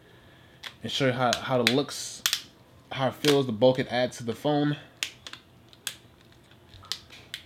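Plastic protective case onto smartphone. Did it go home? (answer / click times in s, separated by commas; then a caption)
yes / 5.0 s, 5.9 s, 6.9 s, 7.3 s. Someone talks, then a plastic snap-on Samsung case is pressed onto the edges of a Galaxy Nexus I9250 smartphone with a 2200mAh power pack, giving sharp snaps at 5.0, 5.9, 6.9 and 7.3 seconds. The case seats onto the phone, though these cases can be stubborn to snap in at the bottom edges.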